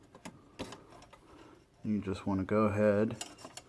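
A new recliner release cable end is handled at its bracket on the recliner mechanism, to be pushed in until it locks. Light mechanical ticks are heard near 0.2, 0.3 and 0.7 seconds and again near 3.6 and 3.7 seconds, while someone talks in between. The cable end has not locked or clicked into place yet.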